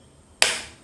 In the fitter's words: இப்ப லாக் ஆயிட்டு அவ்வளவுதான்